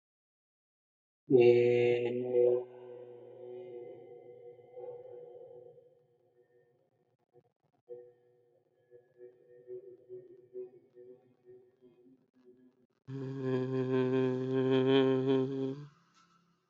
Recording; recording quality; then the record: sustained vowel as in made; excellent, no background noise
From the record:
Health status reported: healthy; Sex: male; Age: 25 years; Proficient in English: yes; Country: India